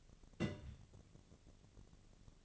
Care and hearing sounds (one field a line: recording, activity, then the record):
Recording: daily activity, microphone in the room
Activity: place on stove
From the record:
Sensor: 4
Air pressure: 1000.8 hPa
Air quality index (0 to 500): 127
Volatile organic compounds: 1 ppm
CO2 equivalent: 954 ppm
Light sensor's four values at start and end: 42/103/44/48 and 43/104/44/49